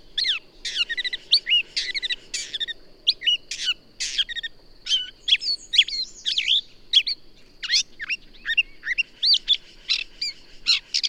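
Bird song: lively bursts of chirps and whistles in quick succession, over a continuous faint high tone.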